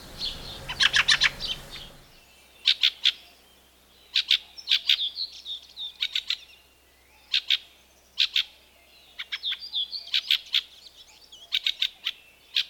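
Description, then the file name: Fieldfare song: a loud burst of harsh chattering chacks, then repeated short groups of dry clicks, interleaved with squeaky, warbling twitters. "Various Birds - Fieldfare"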